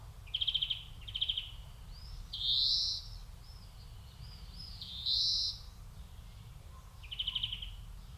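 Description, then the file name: European greenfinch: two quick pulsed trills, then two longer harsh wheezy notes, ending with another trill burst; steady low hum underneath. "Chloris chloris"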